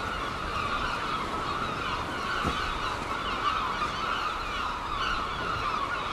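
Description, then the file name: Gulls cry nonstop in a thick mass of overlapping calls, and a brief thump is heard midway. Gulls at Seaton, dated 17 03. "OKM Seagulls Seaton 17 03"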